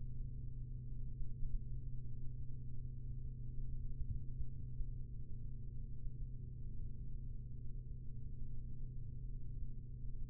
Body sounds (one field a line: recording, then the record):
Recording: forearm muscle sounds (acoustic myography)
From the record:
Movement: rest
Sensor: system 3, bracelet of six PUI Audio POM-2738L microphones around the upper forearm, with dedicated amplification and filtering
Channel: 1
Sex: male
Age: 43 years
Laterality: right